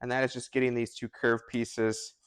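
Someone talks while handling two curved metal tube pieces of a bed rail handle, which are to be pushed together until a spring pin snaps into its hole. Only speech is heard, with no sudden sounds. Nothing has seated or clicked yet.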